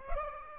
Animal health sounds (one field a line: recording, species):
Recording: mosquito wingbeat signal from an infrared sensor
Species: Aedes aegypti